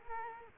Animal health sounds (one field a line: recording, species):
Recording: mosquito wingbeat signal from an infrared sensor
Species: Culex quinquefasciatus